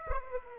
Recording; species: mosquito wingbeat signal from an infrared sensor; Aedes aegypti